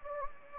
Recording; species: mosquito wingbeat signal from an infrared sensor; Anopheles gambiae